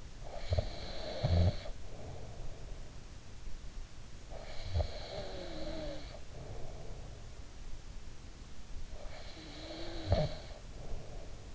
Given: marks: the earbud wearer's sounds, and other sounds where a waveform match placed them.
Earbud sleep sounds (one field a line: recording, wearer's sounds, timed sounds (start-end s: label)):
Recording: sounds in sleep by an in-ear microphone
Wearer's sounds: snoring breath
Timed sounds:
0.00-2.92 s: snoring breath
3.96-7.69 s: snoring breath
8.57-11.55 s: snoring breath